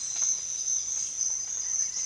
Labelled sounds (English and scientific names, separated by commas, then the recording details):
none
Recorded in secondary vegetation near Puerto Asís, Putumayo, Colombia, on 30 June 2025 at 06:30
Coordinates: 0.498, -76.327
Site GP09